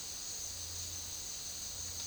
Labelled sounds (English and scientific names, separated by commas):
none